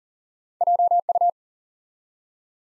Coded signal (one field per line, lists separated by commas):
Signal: Morse code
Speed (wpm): 43 wpm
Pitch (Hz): 700 Hz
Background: none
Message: JU